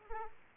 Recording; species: mosquito wingbeat signal from an infrared sensor; Aedes aegypti